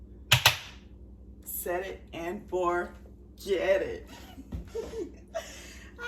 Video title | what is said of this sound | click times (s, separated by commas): CROCKPOT BUFFALO CHICKEN PASTA - WEIGHT WATCHERS - WW Personal Points | put your lid on the crock-pot boom mine locks into place i don't know how yours is | 0.3 s, 0.5 s